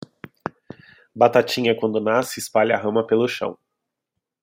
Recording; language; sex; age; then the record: short text; Brazilian Portuguese; male; 30 to 39 years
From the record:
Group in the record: control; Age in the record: 38 years